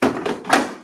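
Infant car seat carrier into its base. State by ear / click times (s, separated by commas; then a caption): seated / 0.0 s. An infant car seat carrier is set down into its installed base and latches with a solid thunk at 0.0 s, confirming correct installation. Two more knocks follow at about 0.3 s and 0.5 s, the second the loudest, before the sound fades out.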